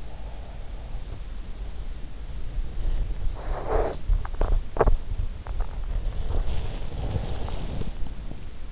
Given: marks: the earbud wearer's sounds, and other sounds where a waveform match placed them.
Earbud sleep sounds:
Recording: sounds in sleep by an in-ear microphone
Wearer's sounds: breath, body movement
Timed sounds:
0.00-1.06 s: breath
3.31-4.04 s: breath
3.54-5.19 s: body movement
6.19-8.14 s: body movement

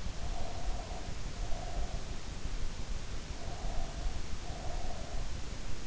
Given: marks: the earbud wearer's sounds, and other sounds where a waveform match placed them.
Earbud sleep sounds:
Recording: sounds in sleep by an in-ear microphone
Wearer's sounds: breath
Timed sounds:
0.13-2.20 s: breath
3.13-5.66 s: breath

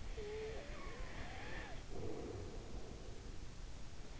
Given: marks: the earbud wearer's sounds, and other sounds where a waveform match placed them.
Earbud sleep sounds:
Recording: sounds in sleep by an in-ear microphone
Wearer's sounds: snoring breath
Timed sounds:
0.11-3.34 s: snoring breath

